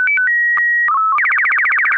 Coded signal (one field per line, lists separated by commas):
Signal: SSTV (slow-scan television)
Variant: Robot BW 8